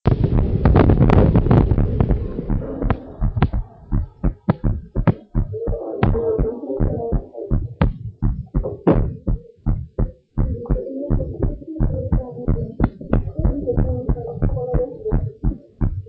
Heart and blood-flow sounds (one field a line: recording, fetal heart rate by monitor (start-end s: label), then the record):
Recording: heart sounds of a pregnant woman by stethoscope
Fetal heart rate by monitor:
no fetal heartbeat
From the record:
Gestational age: 39 weeks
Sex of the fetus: girl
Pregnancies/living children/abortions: 2/1/0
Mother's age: 29 years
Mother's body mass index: 28.0